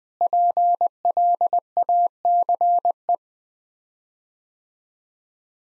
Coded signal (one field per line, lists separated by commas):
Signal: Morse code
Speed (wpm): 20 wpm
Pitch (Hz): 700 Hz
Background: none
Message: PLACE